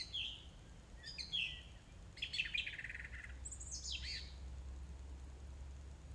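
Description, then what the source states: Song thrush song in short varied phrases, chirps and a descending squeaky note, over a steady low hum. Recorded 4 May 2021 at 20:35.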